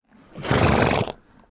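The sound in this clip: Canadian horse giving a single broad, breathy snort, a rough noisy blast of air lasting about a second.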